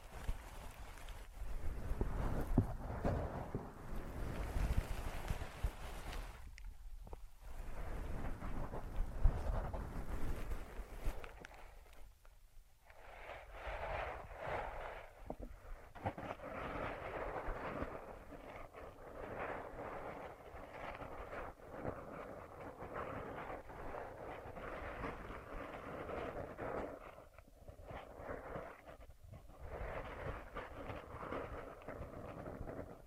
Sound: Ear Massage, Cleaning